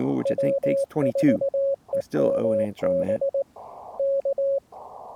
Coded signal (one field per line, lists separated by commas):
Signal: Morse code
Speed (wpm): 19 wpm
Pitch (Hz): 550 Hz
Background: speech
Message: W4EMB K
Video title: POTA in CW with subtitles. POTA Pack Mule. *corrected and reposted